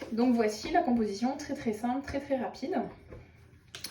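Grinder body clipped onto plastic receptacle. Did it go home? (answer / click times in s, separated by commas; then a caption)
yes / 3.8 s, 3.9 s. Someone talks while assembling a plastic Tupperware universal rotary grinder, clipping the grinder body onto its clear plastic 400 ml receptacle with non-slip feet. Sharp plastic clicks sound at 3.8 s and 3.9 s as the parts clip together and the grinder is seated.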